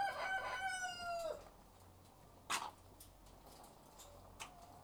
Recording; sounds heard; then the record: poultry house recording; sick chickens (respiratory disease)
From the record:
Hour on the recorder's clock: 12